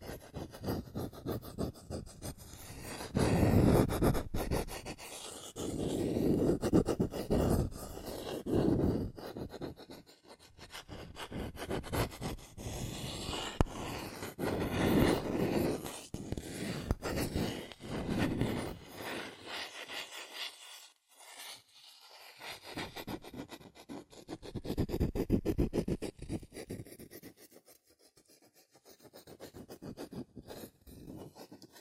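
Fingers scratch, tap and trace quickly over cardboard and paper, making dense, rapid strokes that swell and fade in bursts every few seconds. The scratching rasps between low and bright, with short quieter gaps around 10, 20 and 28 seconds.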